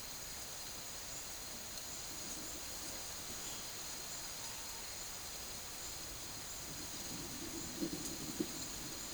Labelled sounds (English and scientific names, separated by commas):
none